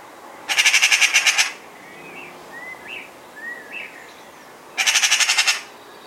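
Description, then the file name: Eurasian magpie rattling chatter, two harsh bursts of rapid repeated notes about four seconds apart, with soft whistled notes in between. "Pica pica"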